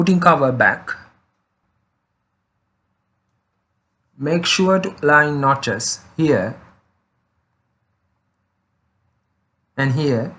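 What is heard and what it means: Someone talks while lining up the notches of a plastic battery cover with the body of a Bluetooth remote before pressing it home. Speech comes in three bursts with near-silent gaps between them, and nothing has clicked or seated yet.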